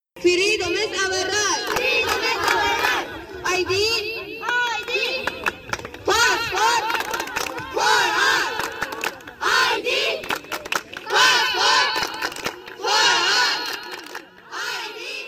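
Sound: protesters chanting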